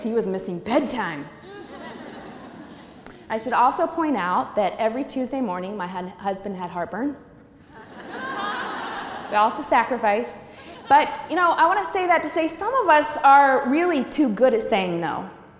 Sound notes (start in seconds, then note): 1.4 laughter; 7.6 laughter